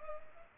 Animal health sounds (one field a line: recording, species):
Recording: mosquito wingbeat signal from an infrared sensor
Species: Culex pipiens